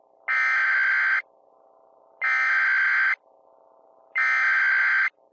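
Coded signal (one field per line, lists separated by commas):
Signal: Emergency Alert System (SAME) tones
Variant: header bursts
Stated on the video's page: Fictional EAS scenario containing valid SAME tones capable of activating alert receivers.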